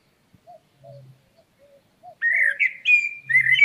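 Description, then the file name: Common blackbird: soft low notes at first, then a burst of squeaky, warbling notes in the last second and a half. "Turdus merula"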